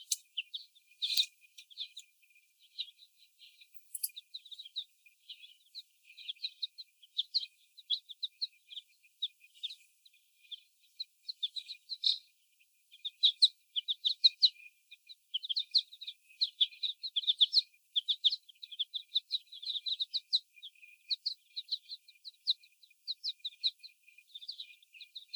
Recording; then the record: young laying hens in a cage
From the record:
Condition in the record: before the stressor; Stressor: sudden umbrella opening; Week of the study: 1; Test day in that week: 1